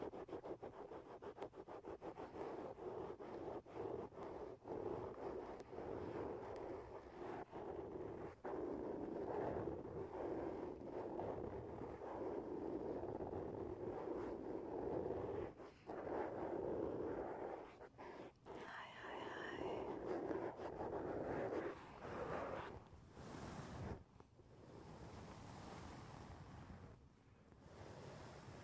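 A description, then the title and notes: Dense, rapid tapping on a soft foam surface, a muffled low-mid rumble, with a brief rising squeak near nineteen seconds and scratchy bursts later. Tapping on the roof of your foam house.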